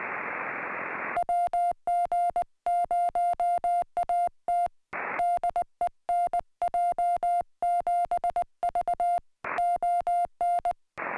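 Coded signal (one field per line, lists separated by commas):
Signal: Morse code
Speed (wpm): 19 wpm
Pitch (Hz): 700 Hz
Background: music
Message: WG0AT DE NJ7V ON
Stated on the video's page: CW from a winter Summits on the Air activation, portable in cold and wind.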